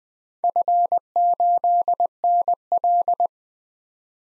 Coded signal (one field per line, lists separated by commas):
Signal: Morse code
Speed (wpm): 20 wpm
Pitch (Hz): 700 Hz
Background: none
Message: F8NL